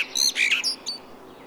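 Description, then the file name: Common blackbird song fragment, a short burst of squeaky, slurred notes and thin high twitters. "Turdus merula"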